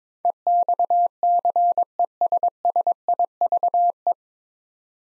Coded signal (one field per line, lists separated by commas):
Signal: Morse code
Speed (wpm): 22 wpm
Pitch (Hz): 700 Hz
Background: none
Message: EXCESSIVE